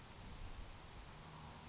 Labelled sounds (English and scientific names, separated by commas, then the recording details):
Grasshopper Sparrow (Ammodramus savannarum)
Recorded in Sonoma County, California